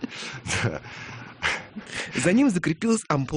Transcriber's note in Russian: смеется